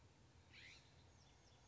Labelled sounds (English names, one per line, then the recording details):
California Scrub-Jay
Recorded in Sonoma County, California